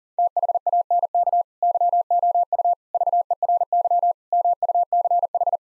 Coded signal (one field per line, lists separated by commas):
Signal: Morse code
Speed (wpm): 40 wpm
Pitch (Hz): 700 Hz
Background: none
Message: THANK YOU VERY MUCH